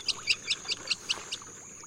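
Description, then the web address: Jacana uttering seven quick, sharp, high notes evenly spaced about five per second, then stopping, with a constant thin high-pitched whine behind. "BIRD NOTE. Jacana Lily trotter"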